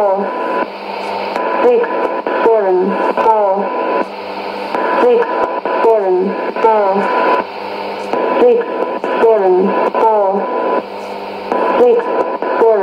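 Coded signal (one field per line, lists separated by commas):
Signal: numbers station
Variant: E17z English Lady, English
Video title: 09 02 2017 Numbers station E17z English Lady in English to Eu 0810 on 9820 in CUSB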